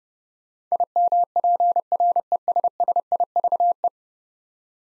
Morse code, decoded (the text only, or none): IMPRESSIVE